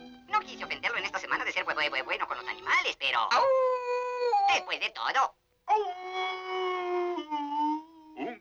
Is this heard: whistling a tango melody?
no